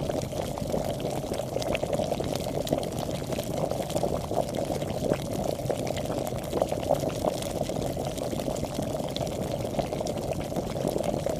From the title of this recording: Boiling Water